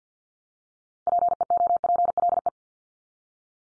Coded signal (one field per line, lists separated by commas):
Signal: Morse code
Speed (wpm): 50 wpm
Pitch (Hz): 700 Hz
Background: none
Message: PEOPLE